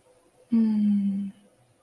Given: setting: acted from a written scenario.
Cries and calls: vocal sound without words; disappointment

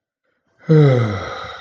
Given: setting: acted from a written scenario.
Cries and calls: vocal sound without words; contentment

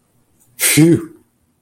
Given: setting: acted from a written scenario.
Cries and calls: vocal sound without words; relief

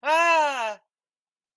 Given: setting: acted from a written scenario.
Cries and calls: vocal sound without words; distress

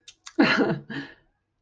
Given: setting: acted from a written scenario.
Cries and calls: vocal sound without words; pride

